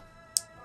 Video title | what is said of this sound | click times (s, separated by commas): How I Turned 2 Pieces Of Fabric Into Something Stunning Beautiful / Easy DIY Sewing For Beginners | okay and you hear the click doesn't mean they stay in upside down you're gonna put the other side | 0.4 s